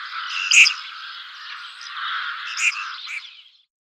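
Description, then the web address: Red-crested pochard calls: two short, louder bursts about two seconds apart over a steady background of dense chattering. Male. "Schulze Peter Red-crested Pochard male"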